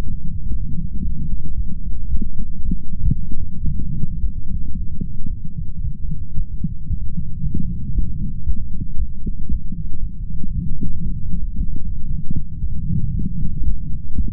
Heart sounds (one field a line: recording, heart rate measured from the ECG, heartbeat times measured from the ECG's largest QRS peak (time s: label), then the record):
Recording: heart sounds by stethoscope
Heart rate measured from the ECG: 114 bpm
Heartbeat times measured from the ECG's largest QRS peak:
0.49 s: heartbeat
1.02 s: heartbeat
1.56 s: heartbeat
2.09 s: heartbeat
2.63 s: heartbeat
3.00 s: heartbeat
3.66 s: heartbeat
4.21 s: heartbeat
4.74 s: heartbeat
5.28 s: heartbeat
5.82 s: heartbeat
6.35 s: heartbeat
6.88 s: heartbeat
7.41 s: heartbeat
7.93 s: heartbeat
8.45 s: heartbeat
8.97 s: heartbeat
9.49 s: heartbeat
10.01 s: heartbeat
10.53 s: heartbeat
11.04 s: heartbeat
11.56 s: heartbeat
12.08 s: heartbeat
12.60 s: heartbeat
13.12 s: heartbeat
13.64 s: heartbeat
14.16 s: heartbeat
From the record:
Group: healthy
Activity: light exercise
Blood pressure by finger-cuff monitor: 143/70 mmHg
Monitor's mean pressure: 88 mmHg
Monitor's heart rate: 113 bpm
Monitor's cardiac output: 13.9 L/min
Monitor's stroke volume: 120 mL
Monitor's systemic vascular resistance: 440 dyn s/cm5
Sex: male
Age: 35 years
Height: 180 cm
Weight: 86.9 kg